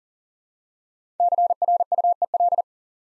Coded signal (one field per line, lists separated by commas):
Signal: Morse code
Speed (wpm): 44 wpm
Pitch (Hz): 700 Hz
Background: none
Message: CRUEL